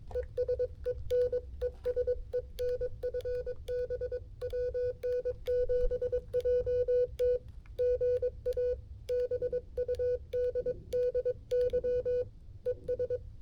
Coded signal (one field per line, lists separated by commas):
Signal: Morse code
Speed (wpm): 22 wpm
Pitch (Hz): 500 Hz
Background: music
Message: ES EN ES EN FB WN7JT GA BUDDY ES